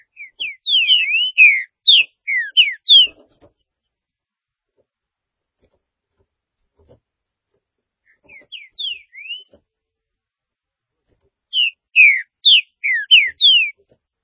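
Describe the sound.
Green-winged saltator song: bursts of clear, high whistled notes, some slurred downward and some rising, given in phrases separated by pauses of a few seconds.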